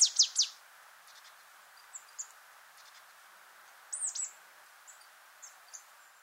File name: Poecile palustris